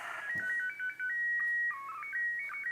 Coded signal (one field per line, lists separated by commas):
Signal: SSTV (slow-scan television)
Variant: PD 120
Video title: ISS SSTV Event July 14-20 2025